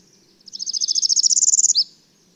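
Bird song: one rapid, high-pitched trill of even pulses lasting about one and a half seconds, finishing with a short down-slur.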